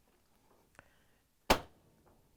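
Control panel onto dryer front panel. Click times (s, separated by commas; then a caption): 1.5 s. A dryer's control panel is lined up with the front panel and pushed on until it snaps into place. After a faint tick near 0.8 s, a single sharp, loud snap rings out at 1.5 s and decays quickly, and the panel is seated.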